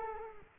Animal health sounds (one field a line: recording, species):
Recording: mosquito wingbeat signal from an infrared sensor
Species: Culex quinquefasciatus